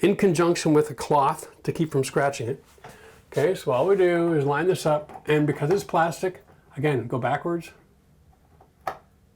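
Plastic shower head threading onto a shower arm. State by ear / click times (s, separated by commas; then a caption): seated / 8.9 s. Someone talks while lining up a plastic shower head on a chrome shower arm and turning it backwards (counter-clockwise), and after a quiet pause a sharp click at 8.9 s marks the threads dropping into each other. The click shows the threads are aligned and not cross-threaded, and the shower head has seated into the thread start.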